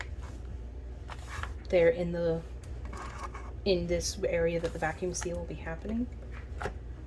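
The open edge of a plastic vacuum bag is lined up over the sealing area of a vacuum sealer while someone talks, with a few brief handling sounds in between. The sealer's plastic lid has not latched onto the base yet; nothing has seated or clicked.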